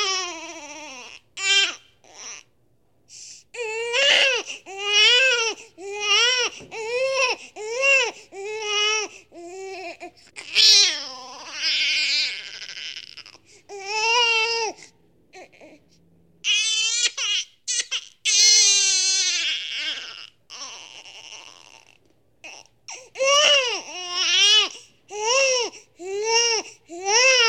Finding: Daily life newborn baby crying.